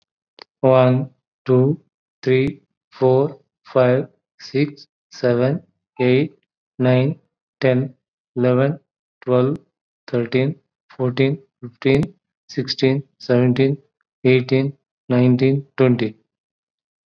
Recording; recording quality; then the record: counting at a normal pace; excellent, no background noise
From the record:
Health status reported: COVID-19 positive, mild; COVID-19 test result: positive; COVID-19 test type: rapid antigen test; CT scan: not taken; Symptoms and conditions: cough, another respiratory illness, hypertension, diabetes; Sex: male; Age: 60 years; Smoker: no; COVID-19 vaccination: none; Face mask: worn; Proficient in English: yes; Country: India